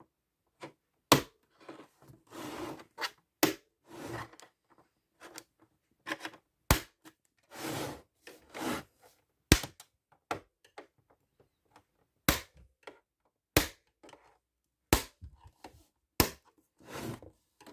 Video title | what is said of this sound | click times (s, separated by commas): Xbox One S Teardown! | Then pry along the edges until you hear loud clicks. | 1.1 s, 6.7 s, 9.5 s, 12.3 s, 13.6 s, 16.2 s